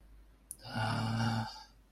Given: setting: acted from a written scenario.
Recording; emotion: vocal sound without words; disappointment